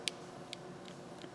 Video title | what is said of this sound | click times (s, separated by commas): Hogue EX01 Black G-mascus | you'll feel you'll hear a little click listen right | 0.1 s